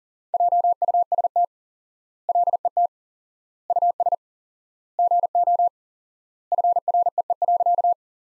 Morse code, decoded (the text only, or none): JUST LET US GO FREE.